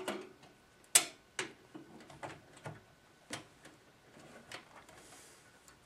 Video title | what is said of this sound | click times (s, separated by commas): Building A PC: Installing The Graphics Card (GPU) | everything's lined up and you're just going to push it in until it snaps into place nice and snug and | 1.0 s